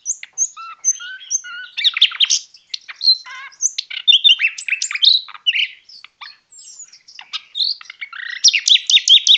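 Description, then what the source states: Common nightingale song: soft whistles, then loud varied chirps and churring rattles, ending in a fast repeated series of sharp notes. 22 March 2014.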